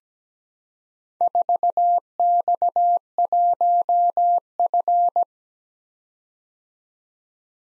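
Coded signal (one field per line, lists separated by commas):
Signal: Morse code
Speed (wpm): 17 wpm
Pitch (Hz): 700 Hz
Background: none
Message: 4X1F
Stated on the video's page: Morse code practice at 17 wpm: random four-character letter-number groups for head-copy, sent, then spoken, then sent again.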